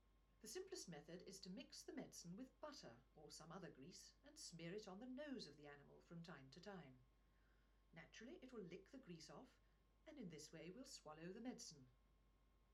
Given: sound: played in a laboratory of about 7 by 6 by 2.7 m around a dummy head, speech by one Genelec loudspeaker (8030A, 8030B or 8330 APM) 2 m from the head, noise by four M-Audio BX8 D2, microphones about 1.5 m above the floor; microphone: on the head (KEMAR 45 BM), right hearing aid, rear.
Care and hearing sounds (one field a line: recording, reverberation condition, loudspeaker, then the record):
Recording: female speech in English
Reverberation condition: low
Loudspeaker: 60 degrees to the right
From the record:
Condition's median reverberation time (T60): about 310 ms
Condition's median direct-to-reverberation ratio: about 3.5 dB